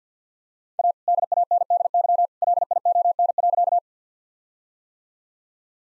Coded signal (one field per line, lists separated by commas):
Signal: Morse code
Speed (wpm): 50 wpm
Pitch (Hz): 700 Hz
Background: none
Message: A DANDY LION.